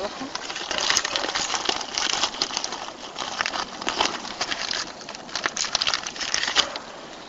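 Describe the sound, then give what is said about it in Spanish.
Rifle cartridges, five to a clip, clink and rattle as they are pressed into a metal stripper clip for a Mauser rifle, a busy run of small, bright metallic clicks and scrapes lasting several seconds, with no one speaking. “Estos montaban, eran cinco balas en cada peine, en cada cargador.”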